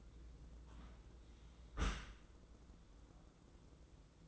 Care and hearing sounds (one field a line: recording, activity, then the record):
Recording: daily activity, microphone in the room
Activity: close dishwasher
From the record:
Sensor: 3